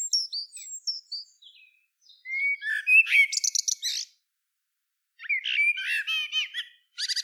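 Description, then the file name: Common blackbird song: a fluted whistled phrase tailing into rapid chattering, high-pitched twitter, followed after a pause by another warbling phrase with squeaky trills. "Turdus merula"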